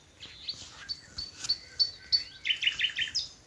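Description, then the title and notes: Common nightingale song with varied short whistles and chirps, ending in a quick run of repeated rich notes. Nightingales singing from thickets in a Dorset wood, evening as the dew falls, Alners Gorse nature reserve run by Butterfly Conservation, Dorset. "Sound Escape 11: the glorious song of nightingales from a Dorset wood. it's evening at Alners Gorse, a nature reserve in Dorset run by Butterfly Conservation. As the dew falls, the extraordinary song of nightingales rises from the thickets. Recorded by Martin Maudsley"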